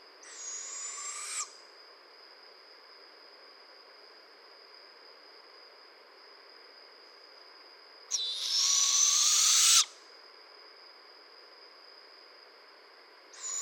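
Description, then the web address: Barred owl giving harsh, hissing screeches about one and a half seconds long, several seconds apart, over a steady high background tone. Recorded 15 June 2011. "Barred Owl 2011 06 15"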